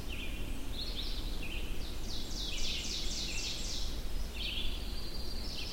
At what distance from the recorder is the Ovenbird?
about 70 m